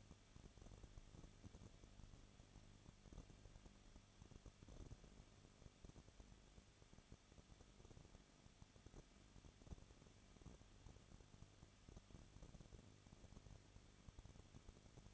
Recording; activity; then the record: daily activity, microphone in the room; no activity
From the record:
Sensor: 4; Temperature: 23.1 degrees Celsius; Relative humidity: 34.3%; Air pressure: 1007.2 hPa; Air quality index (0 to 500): 216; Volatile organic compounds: 15 ppm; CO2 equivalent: 2499 ppm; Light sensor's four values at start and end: 2/3/1/1 and 2/3/1/1